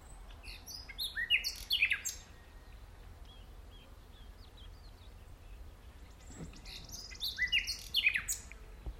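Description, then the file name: Common nightingale song in two varied phrases of chirps and slurred notes with a long pause between, fairly soft against faint background hiss. "Luscinia megarhynchos"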